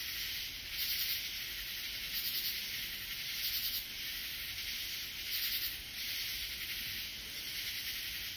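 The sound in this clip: Katydid rasping call: short buzzy bursts repeated every one to two seconds over a steady high insect hiss.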